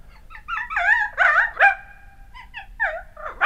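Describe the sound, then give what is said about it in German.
A dog howls and whines as it runs down a staircase with its tail tucked, in a string of high, wavering cries that rise and fall, with short breaks between them and a final sharp yelp, with no talking. “Kaum hat er indes den Hund wieder losgelassen, als dieser heulend und mit eingeklemmtem Schwanze die Treppe hinunterjagt.”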